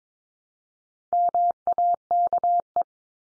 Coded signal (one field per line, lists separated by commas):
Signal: Morse code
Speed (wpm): 22 wpm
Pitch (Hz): 700 Hz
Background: none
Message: MAKE